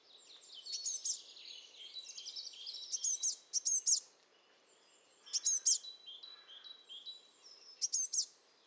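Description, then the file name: Eurasian blue tit giving high, thin calls: several bursts of sharp notes and short trills, separated by quieter gaps. "Cyanistes caeruleus"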